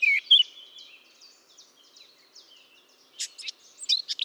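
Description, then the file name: Eurasian blackcap warbling: a loud opening phrase, a soft rambling twitter of scratchy notes, then sharp bright notes returning near the end. "Sylvia atricapilla"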